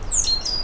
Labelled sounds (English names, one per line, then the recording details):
Stitchbird song
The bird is a male
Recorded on Tiritiri Matangi Island, New Zealand, in 2005
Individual 12, of nest box 16